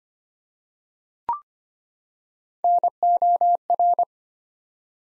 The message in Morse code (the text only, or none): NOR